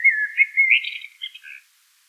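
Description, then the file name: Eurasian blackbird song phrase: smooth fluted whistles that rise into a busier, higher, slightly scratchy twitter before fading out. "Turdus merula"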